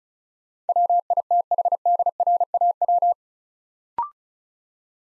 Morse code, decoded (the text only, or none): WITHDRAW